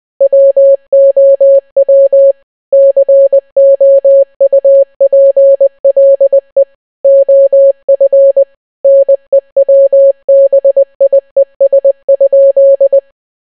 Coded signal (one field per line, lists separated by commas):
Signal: Morse code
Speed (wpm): 20 wpm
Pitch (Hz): 550 Hz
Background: none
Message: WOW COUPLE OF NEWBIES?